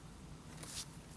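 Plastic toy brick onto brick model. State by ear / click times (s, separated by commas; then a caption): not seated / none. A plastic LEGO brick is handled against the brick model of the 2024 LEGO Fortnite Battle Bus 77073 as it is about to snap into place. A faint rustling scrape rises between roughly 0.6 and 0.8 seconds over a low background hum, with a small tick near 1.1 seconds. Nothing has seated or clicked yet.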